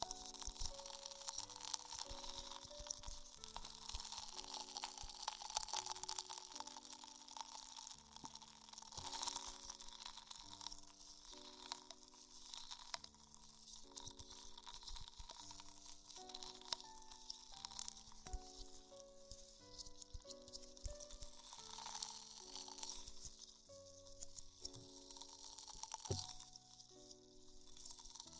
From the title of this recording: Extremely Tingly Ear Exploration